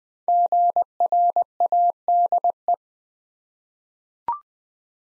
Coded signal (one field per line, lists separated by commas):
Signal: Morse code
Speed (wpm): 20 wpm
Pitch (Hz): 700 Hz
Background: none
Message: GRADE